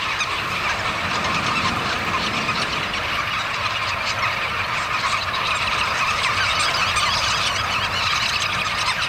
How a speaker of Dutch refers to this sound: Ja, dat klinkt inderdaad overweldigend. Dit zijn allemaal grutto's. Het lijkt wel een meeuwenkolonie, maar het zijn grutto's. Ja, het zijn grutto's. Maar in die aantallen dan maken ze dus inderdaad enorm kabaal.